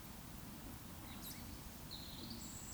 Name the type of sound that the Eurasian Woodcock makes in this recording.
whistle